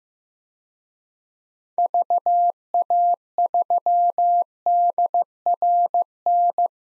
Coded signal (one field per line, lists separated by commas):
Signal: Morse code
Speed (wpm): 16 wpm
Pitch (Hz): 700 Hz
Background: none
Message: VA3DRN